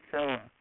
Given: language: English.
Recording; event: throat vibration sensor signal played as sound; speech